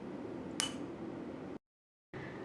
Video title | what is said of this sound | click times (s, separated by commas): Introduction to Infrared (IR) Spectroscopy | If you have a solid substance, keep turning the knob until you hear a click. | 0.6 s